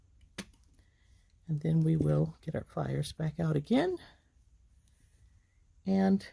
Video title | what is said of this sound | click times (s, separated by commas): Making An Earring & Necklace Set With JJB's Marscapone Mini Mix | into that slot till it clicks in place | 0.4 s